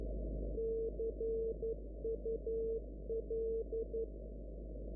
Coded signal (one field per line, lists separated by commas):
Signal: Morse code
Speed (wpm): 12 wpm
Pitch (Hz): 450 Hz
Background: none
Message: CUL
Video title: CUL Morse code : 369 kHz " SEE YOU LATER " 20.9. 2025